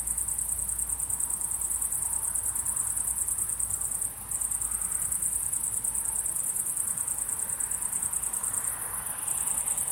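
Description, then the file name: Cricket chirping in a high, fast, buzzy trill, with a couple of short gaps. Recorded at sunset. "syrsor solnedgang"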